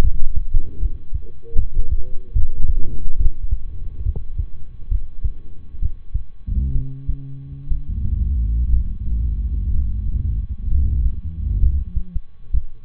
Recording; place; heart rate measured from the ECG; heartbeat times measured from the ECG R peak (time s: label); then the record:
heart sounds by stethoscope; between the tricuspid and mitral areas; 67 bpm
0.78 s: heartbeat
1.54 s: heartbeat
2.32 s: heartbeat
3.16 s: heartbeat
4.02 s: heartbeat
4.88 s: heartbeat
5.78 s: heartbeat
6.71 s: heartbeat
7.67 s: heartbeat
8.69 s: heartbeat
9.70 s: heartbeat
10.67 s: heartbeat
11.59 s: heartbeat
12.50 s: heartbeat
From the record:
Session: rest, lying down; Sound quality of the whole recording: good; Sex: male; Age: 23 years